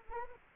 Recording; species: mosquito wingbeat signal from an infrared sensor; Anopheles arabiensis